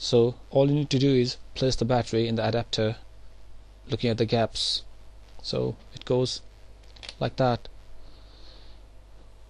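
A camera battery is placed into a wall charger adapter and lined up with the gaps before being pushed home, while someone talks throughout. Faint handling sounds occur between the speech, but nothing has seated or clicked yet.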